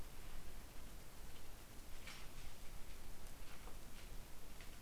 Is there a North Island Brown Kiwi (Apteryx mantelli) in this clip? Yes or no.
no